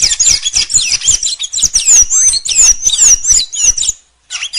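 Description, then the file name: Blue dacnis giving a fast, continuous high twitter of thin chips and slurred whistles, briefly pausing near the end before resuming. "canto da pipira azul"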